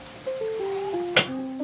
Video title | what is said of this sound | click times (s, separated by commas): Miter Saw - Ronald Faigao | Pwede rin sa kabila. Ayun. Nag-lock na. | 1.2 s